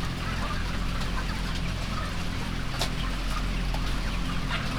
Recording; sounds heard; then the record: poultry house recording; healthy chickens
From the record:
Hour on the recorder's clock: 17